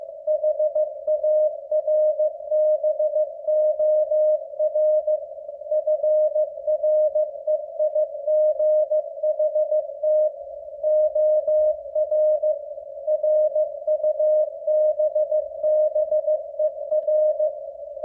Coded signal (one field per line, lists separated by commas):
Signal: Morse code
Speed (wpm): 15 wpm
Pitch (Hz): 610 Hz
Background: none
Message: HARBOR FREIGHT OR RUBBER